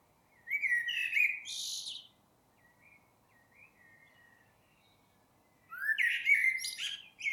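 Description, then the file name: Common blackbird song: a low fluted warble ending in a high squeaky twitter, a few soft notes in the pause, then a second phrase about five seconds later. "Turdus merula"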